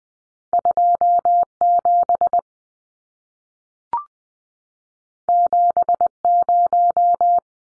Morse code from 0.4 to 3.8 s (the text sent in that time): 2 7